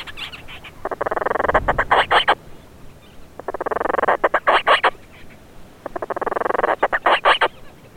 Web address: aves-marinhas painho-madeira geral Vocalizacoes